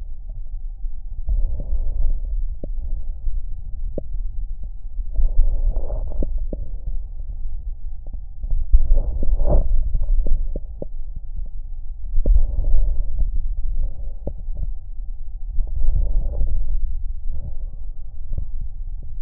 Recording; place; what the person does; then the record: lung sounds by stethoscope; left anterior apical chest; quiet breathing, then deep breathing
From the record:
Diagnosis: COPD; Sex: male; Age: 85 years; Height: 183 cm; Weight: 88 kg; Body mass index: 26.3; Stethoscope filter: extended mode